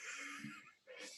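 A brief, hissy, rattling breath with a low fluttering buzz in the middle, then a short pause and another noisy breath: the snoring of a French bulldog, heard faintly in the background of a room.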